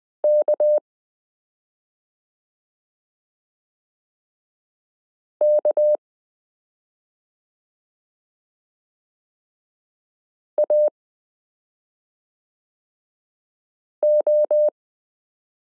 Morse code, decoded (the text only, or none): KKAO